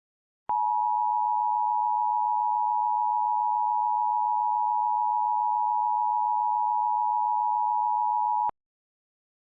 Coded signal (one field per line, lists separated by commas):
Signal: Emergency Alert System (SAME) tones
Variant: 853 and 960 Hz attention tone